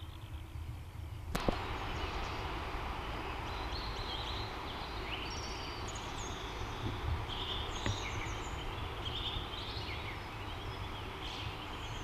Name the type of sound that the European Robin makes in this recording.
song